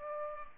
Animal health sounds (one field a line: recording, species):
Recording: mosquito wingbeat signal from an infrared sensor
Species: Aedes aegypti